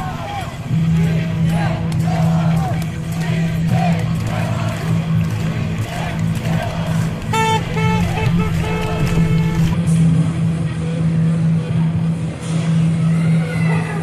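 Recorded at protests in Belarus, a steady low hum of traffic or engines runs throughout, with voices and crowd murmur mixed in. Around seven to eight seconds a bright, rising whistle-like tone cuts through, and occasional shouts and clatter punctuate the dense background.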